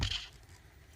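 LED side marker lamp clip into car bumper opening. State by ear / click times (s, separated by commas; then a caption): partly seated / 0.0 s. An LED side marker lamp housing on a 2016+ Camaro is pressed into the bumper opening by its plastic retaining clips, giving one short, sharp contact click at 0.0 s that fades into low rumbling background noise. The top clip is not fully seated and still needs to be pushed in further.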